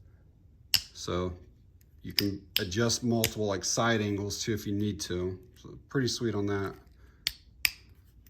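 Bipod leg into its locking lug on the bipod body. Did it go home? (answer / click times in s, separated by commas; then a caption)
yes / 7.3 s, 7.6 s. A leg on a CVlife Heavy Duty Swivel Bipod is swung down while someone talks, until a cut-out lug on the bipod body catches it in the deployed position. Sharp metal clicks sound at 7.3 s and 7.7 s as the leg locks solidly into place.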